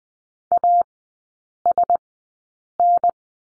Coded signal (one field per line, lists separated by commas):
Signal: Morse code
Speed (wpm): 20 wpm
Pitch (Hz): 700 Hz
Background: none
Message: ASN